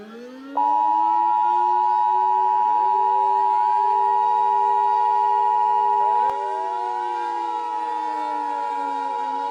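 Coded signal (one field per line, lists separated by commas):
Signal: Emergency Alert System (SAME) tones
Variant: 853 and 960 Hz attention tone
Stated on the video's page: Mock EAS alert about a fictional solar storm.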